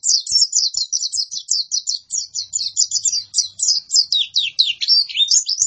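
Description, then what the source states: White-eye song: a continuous rapid run of short, high, sweeping notes delivered in an even, bouncing rhythm. Masteran (tutor) recording for training cage birds; pleci white-eye singing in gacor (vigorous, continuous) style.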